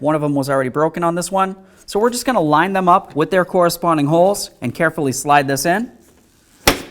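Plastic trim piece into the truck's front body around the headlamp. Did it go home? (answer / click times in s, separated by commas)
yes / 6.7 s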